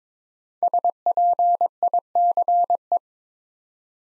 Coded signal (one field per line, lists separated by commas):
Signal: Morse code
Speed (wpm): 22 wpm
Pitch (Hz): 700 Hz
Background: none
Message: SPICE